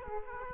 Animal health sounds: mosquito wingbeat signal from an infrared sensor; Aedes aegypti

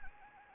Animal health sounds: mosquito wingbeat signal from an infrared sensor; Anopheles gambiae

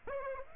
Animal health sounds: mosquito wingbeat signal from an infrared sensor; Aedes aegypti

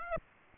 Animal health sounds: mosquito wingbeat signal from an infrared sensor; Aedes aegypti

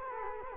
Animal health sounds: mosquito wingbeat signal from an infrared sensor; Culex quinquefasciatus

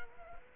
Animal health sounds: mosquito wingbeat signal from an infrared sensor; Culex quinquefasciatus

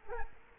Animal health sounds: mosquito wingbeat signal from an infrared sensor; Culex quinquefasciatus

